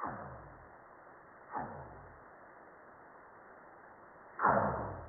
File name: North Pacific Right Whale